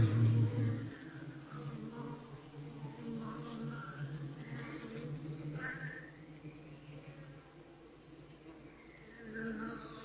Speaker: And here we have the actual frequency, or actual sound of bees.